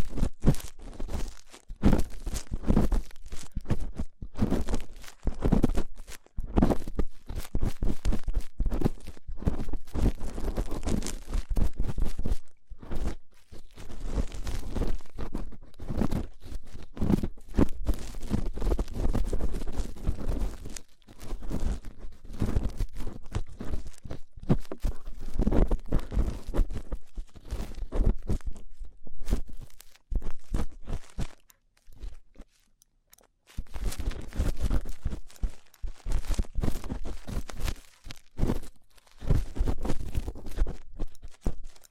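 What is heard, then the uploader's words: Rough ear cleaning makes a dense run of scratchy, crunching rubs and scrapes, rapid and irregular, with strong low thumps under brighter crackle. Nearly continuous for 42 seconds, with brief quiet gaps around 30 and 33–34 seconds before the scraping resumes. ASMR Rough Ear Cleaning (No Talking).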